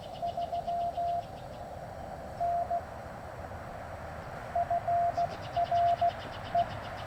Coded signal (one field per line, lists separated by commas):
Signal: Morse code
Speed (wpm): 16 wpm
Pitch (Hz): 690 Hz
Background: none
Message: 3 N FRE